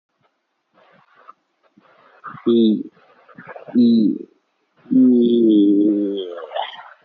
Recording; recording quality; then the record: sustained vowel as in beet; poor, much background noise or distortion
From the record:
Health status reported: healthy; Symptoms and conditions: none ticked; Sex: male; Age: 24 years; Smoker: not ticked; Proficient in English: yes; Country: India